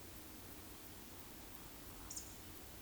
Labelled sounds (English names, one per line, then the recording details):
Eurasian Woodcock whistle
Eurasian Woodcock croak
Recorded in Baden-Württemberg, Germany, on 13 June 2021 at 20:19 UTC
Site 23718, 552 m above sea level